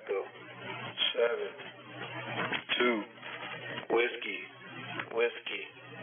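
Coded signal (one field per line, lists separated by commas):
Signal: coded military voice message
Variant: Emergency Action Message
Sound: a voice rapidly reading a coded message over a narrow, radio-quality channel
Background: radio hum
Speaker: take a listen here here's an example of an actual message being transmitted that I picked up at my home location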